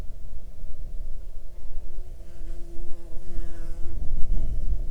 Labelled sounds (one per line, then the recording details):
wind
insects
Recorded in the Arctic National Wildlife Refuge, Alaska, on 8 June 2019 at 00:04
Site 40